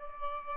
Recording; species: mosquito wingbeat signal from an infrared sensor; Aedes albopictus